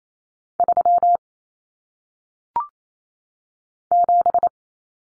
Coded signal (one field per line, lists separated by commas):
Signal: Morse code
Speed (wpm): 28 wpm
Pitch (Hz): 700 Hz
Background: none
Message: 3 7